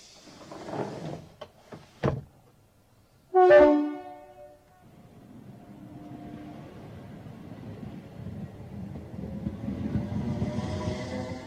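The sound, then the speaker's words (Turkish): A train departing from Sirkeci Station in Istanbul, bound for Europe: a few sharp mechanical clunks, then a brief loud horn or whistle blast, followed by a low rumble that slowly builds and grows noisier as the train pulls away. “İstanbul'da Sirkeci Garı'ndan her akşam Avrupa'ya giden trenler hareket ediyor.”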